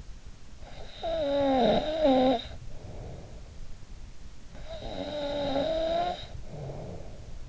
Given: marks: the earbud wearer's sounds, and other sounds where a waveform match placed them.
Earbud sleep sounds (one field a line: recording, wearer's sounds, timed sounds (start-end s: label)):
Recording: sounds in sleep by an in-ear microphone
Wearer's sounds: snoring breath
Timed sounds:
0.09-3.69 s: snoring breath
4.09-7.49 s: snoring breath